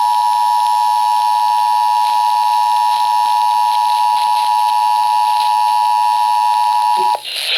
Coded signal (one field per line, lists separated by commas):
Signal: Emergency Alert System (SAME) tones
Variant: 853 and 960 Hz attention tone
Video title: GLITCHY GLITCHY... EAS Alerts from 7/18/21 (EAS #5,929 - 5,934)